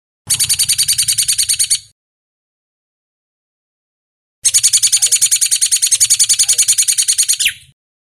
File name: Suara burung awar-awar aka srigunting jambul